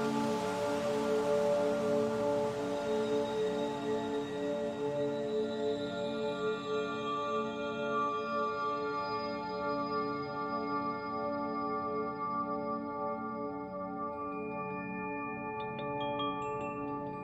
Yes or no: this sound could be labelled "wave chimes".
yes